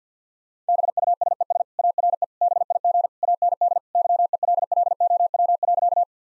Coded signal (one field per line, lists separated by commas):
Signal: Morse code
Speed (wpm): 50 wpm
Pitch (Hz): 700 Hz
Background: none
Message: BUSES ARE BIG AND YELLOW.